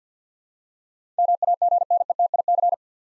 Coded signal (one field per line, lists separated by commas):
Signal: Morse code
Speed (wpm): 50 wpm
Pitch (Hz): 700 Hz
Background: none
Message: MAGNETIC